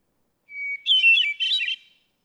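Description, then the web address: Hermit thrush singing a single phrase: a long level whistle followed by a quick, shimmering run of flutelike notes. "birdsongforthecurious songs Hermit Thrush"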